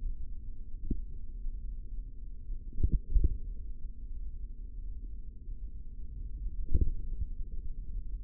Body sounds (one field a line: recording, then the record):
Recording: forearm muscle sounds (acoustic myography)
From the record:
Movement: tripod grip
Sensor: system 3, bracelet of six PUI Audio POM-2738L microphones around the upper forearm, with dedicated amplification and filtering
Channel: 4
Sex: male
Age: 25 years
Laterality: right